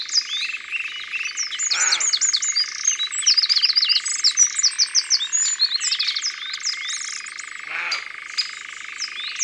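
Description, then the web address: Song thrush song, busy and unbroken, with rapid chirps, squeaky slurs and short trills over a constant high hum. "Grive musicienne. abc de la nature"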